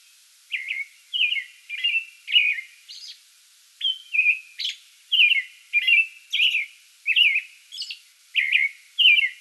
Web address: soundrecordings 2022-05-08 American Robin pre-dawn song bout